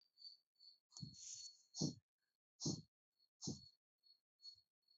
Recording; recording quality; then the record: shallow breathing; excellent, no background noise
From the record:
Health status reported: healthy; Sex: female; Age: 42 years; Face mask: not worn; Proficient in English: yes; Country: India